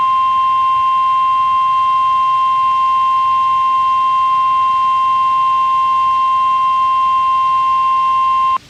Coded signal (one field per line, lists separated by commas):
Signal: Emergency Alert System (SAME) tones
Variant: 1050 Hz attention tone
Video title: Vlog 3 / EAS 456 / Siren Catch 1 || Direct Audio WXK67 RWT / ASC T-121 in Leon Valley, TX